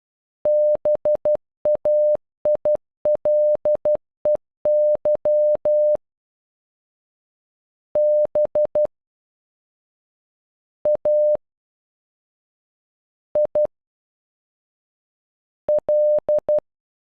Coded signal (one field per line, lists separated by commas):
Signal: Morse code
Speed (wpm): 12 wpm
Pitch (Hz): 600 Hz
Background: none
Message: BAILEY B A I L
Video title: Bailey in Morse code